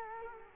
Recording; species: mosquito wingbeat signal from an infrared sensor; Culex quinquefasciatus